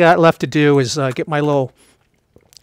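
Someone talks, then after a short quiet pause a few faint ticks come around 2.4 s as a small pry bar levers the retaining clip bar on a hose connector at the camshaft cover of a 2011–2021 GM Ecotec 1.4L engine (Chevy Cruze, Sonic, Trax, Volt) during a camshaft cover gasket replacement. A sharp snap at 2.6 s marks the clip seating back in place.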